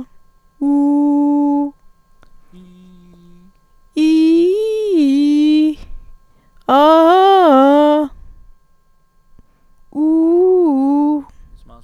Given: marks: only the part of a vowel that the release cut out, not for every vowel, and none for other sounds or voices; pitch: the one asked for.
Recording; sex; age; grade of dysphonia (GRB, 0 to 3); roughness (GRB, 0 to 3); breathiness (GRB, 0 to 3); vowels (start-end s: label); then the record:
sustained vowels; female; 20 to 29 years; 0; 0; 0
0.66-1.60 s: vowel /u/, high pitch
4.05-5.62 s: vowel /i/, low-high-low pitch
6.94-7.93 s: vowel /a/, low-high-low pitch
10.04-11.10 s: vowel /u/, low-high-low pitch
From the record:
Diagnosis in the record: healthy voice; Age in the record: 28 years